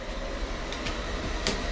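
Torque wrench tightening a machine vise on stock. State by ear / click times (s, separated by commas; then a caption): torque reached / 1.5 s. A torque wrench tightens a machine vise clamping an aluminum stock block. Over a steady background hum, a few faint ticks come before a sharp, bright click at 1.5 seconds, when the set torque is reached.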